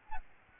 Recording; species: mosquito wingbeat signal from an infrared sensor; Aedes albopictus